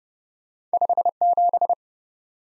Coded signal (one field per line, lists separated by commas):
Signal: Morse code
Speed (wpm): 31 wpm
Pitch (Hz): 700 Hz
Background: none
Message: 57